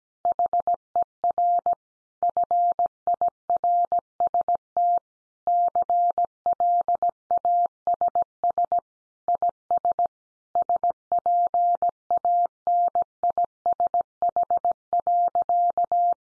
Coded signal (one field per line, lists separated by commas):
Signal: Morse code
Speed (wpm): 17 wpm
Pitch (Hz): 700 Hz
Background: none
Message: HER FIRST CLASS IS SPANISH.